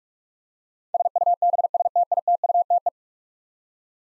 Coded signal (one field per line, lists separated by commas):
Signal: Morse code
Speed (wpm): 44 wpm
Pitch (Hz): 700 Hz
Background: none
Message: SUBSTITUTE